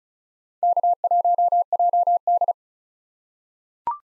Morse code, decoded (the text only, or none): K1JD